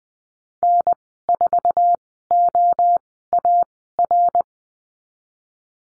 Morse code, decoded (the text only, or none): N4OAR